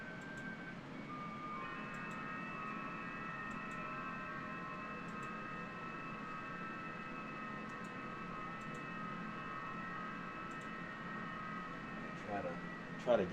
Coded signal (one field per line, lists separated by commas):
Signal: FT8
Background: speech